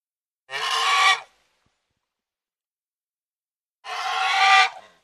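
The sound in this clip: Domestic goose with two harsh, nasal honks separated by about two and a half seconds of silence.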